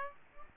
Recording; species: mosquito wingbeat signal from an infrared sensor; Aedes aegypti